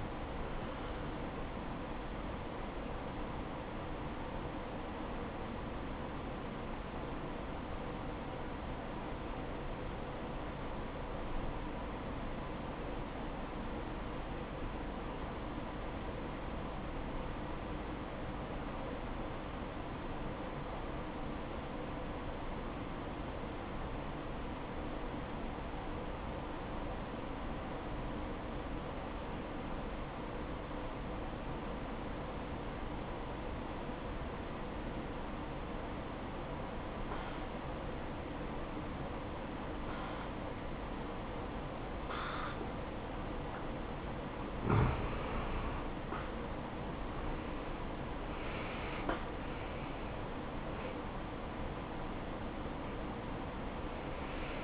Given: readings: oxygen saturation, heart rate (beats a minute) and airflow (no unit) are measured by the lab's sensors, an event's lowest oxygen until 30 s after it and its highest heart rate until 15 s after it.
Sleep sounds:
breathing in sleep by a voice recorder at the bedside; 1
6.00-46.60 s: obstructive apnea (N1, oxygen 96% highest, then 85% lowest, heart rate 66 at the start, 77 highest)
7.00-37.00 s: new sleep stage, N2 (light sleep)
37.00-54.64 s: new sleep stage, N1 (lightest sleep)
From the record:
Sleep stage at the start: N1 (lightest sleep); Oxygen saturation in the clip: 86 to 96%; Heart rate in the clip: 59 to 76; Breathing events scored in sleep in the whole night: 573 in 9.8 hours asleep

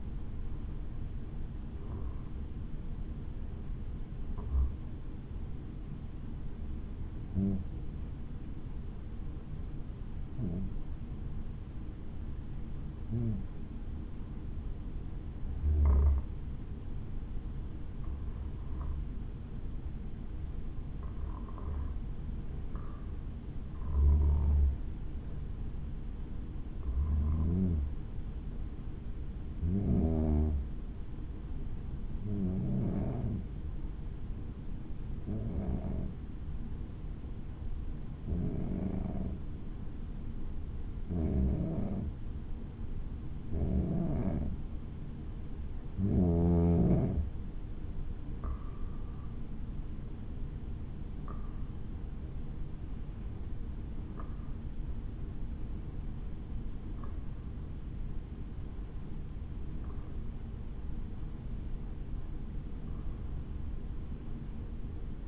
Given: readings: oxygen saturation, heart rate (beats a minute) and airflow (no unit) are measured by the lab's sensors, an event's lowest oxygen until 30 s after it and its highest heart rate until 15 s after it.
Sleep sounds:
breathing in sleep by a smartphone at the bedside; 1
2.00-62.00 s: new sleep stage, N2 (light sleep)
31.00-46.50 s: hypopnea (N2, oxygen 95% highest, then 91% lowest, heart rate 62 at the start, 69 highest)
62.00-65.28 s: new sleep stage, N1 (lightest sleep)
From the record:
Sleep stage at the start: N1 (lightest sleep); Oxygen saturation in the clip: 91 to 96%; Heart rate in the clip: 60 to 69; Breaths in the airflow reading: 23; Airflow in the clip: -7.3 to 7.7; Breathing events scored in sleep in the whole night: 216 in 7.0 hours asleep

